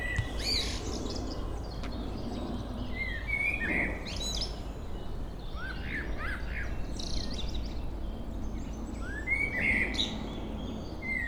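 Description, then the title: Common blackbird song: a few whistled phrases with bright squeaky flourishes spaced several seconds apart, with chirps and a steady low background rumble. Local blackbird singing at Chemin des cris, Chindrieux, France. "Chemin des cris, Chindrieux, France - Merle"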